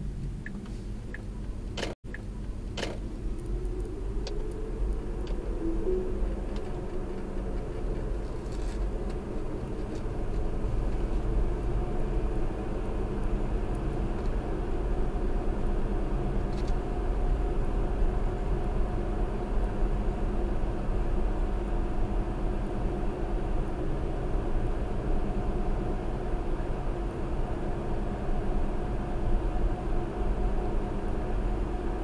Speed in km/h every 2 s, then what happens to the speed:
18, 31, 45, 52, 53, 60, 66, 69, 69, 69, 69, 69, 69, 69, 69, 69.
0-12 speeds up to 66. 12-32 steady at about 69.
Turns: none.